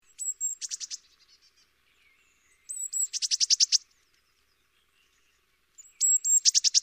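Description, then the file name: Eurasian blue tit giving repeated call phrases, each a high thin introductory note leading into a fast, buzzy scolding churr, three times in succession. "Cyanistes caeruleus"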